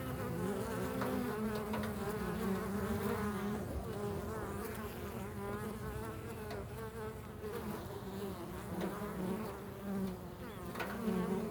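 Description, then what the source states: Bee buzzing, a continuous low drone throughout. Several bees recorded in a field.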